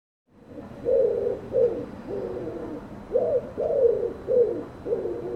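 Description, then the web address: Bird giving low, hoarse cooing notes, several phrases in quick uneven succession, each swelling then fading. "cianscape birddata Deverinetal 2025"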